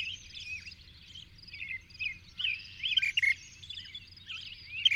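Bird song, a continuous run of thin twitters and warbled phrases, with a few louder chirps around three seconds and near the end.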